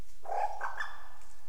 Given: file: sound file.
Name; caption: alarm aw-kok; The ‘aw‐kok’ alarm of a female Albert's lyrebird, recorded at Goomburra.